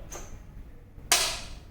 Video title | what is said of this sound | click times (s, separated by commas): Ventilator Part 1 | आप सुन पा रहे हैं, किक साउंड था, लॉक हो गया। | 1.1 s